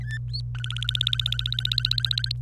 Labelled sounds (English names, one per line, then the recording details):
Domestic Canary song
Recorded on 26 April 2018 at 06:30
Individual llb3